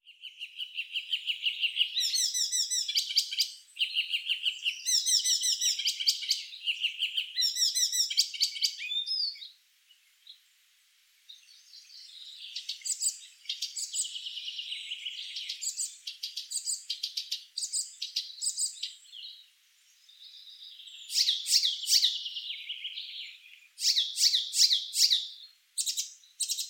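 An icterine warbler sings a fast, varied, chattering song with bright repeated notes and sharp clicks, pausing briefly around ten and twenty seconds.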